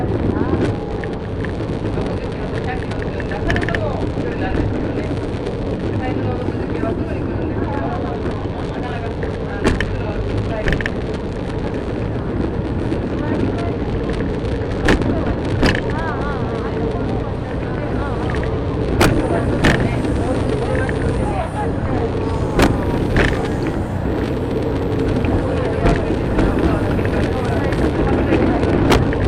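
Riding the Yodo Line Shimanto Torokko No. 2 train, a steady low rumble of the moving car fills the whole stretch. Murmured voices run underneath, and sharp clicks and knocks stand out every few seconds, most often in the later half.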